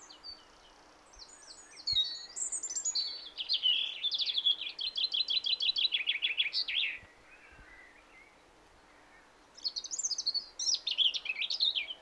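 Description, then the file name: Common chaffinch song: a rattling series of sharp notes descending in steps, ending in a quick flourish, then a second phrase begins near the end over quiet background hiss. "Fringilla coelebs"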